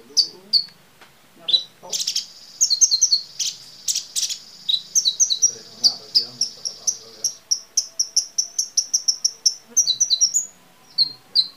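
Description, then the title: Small bird twittering: scattered high notes become a rapid, steady stream of bright chirps, with faint low background sounds early on. "Burung Kecil"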